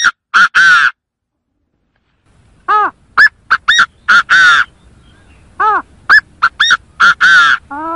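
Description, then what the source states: Chinese francolin repeating loud, grating call phrases of short sharp notes ending in broader harsh ones, with a silent stretch between the first burst and the rest. In forest.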